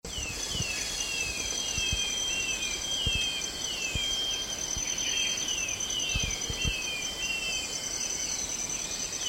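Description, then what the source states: Short-tailed babbler song of repeated descending whistles at a steady pace, with dense high-pitched insect buzzing throughout and a few soft low thumps. Recorded 1 April 2007.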